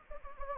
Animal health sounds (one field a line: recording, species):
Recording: mosquito wingbeat signal from an infrared sensor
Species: Anopheles gambiae